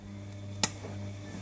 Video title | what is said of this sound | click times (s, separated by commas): תקלה E60 מייבש כביסה אלקטרולוקס ELECTROLUX | טק, שמעתם? זהו. | 0.6 s